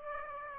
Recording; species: mosquito wingbeat signal from an infrared sensor; Aedes aegypti